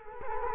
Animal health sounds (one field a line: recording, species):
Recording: mosquito wingbeat signal from an infrared sensor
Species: Culex quinquefasciatus